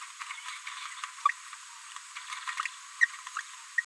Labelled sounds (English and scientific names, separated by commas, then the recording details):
Green-rumped Parrotlet (Forpus passerinus) babbling
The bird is a female
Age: 30 days
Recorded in a nest box in Venezuela
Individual 17B73B3